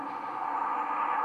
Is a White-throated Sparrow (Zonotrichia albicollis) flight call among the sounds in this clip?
no